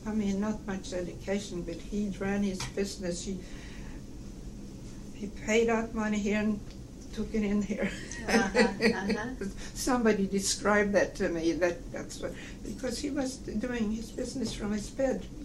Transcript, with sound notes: I mean, not much education, but he ran his business, he - he paid out money here, he took it in here (laughs)
Uh-huh.
Somebody described that to me, that that's what - because he was doing his business from his bed.